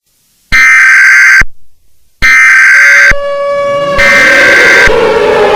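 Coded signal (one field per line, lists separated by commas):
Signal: Emergency Alert System (SAME) tones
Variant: header bursts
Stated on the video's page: Fictional EAS scenario, not a real alert.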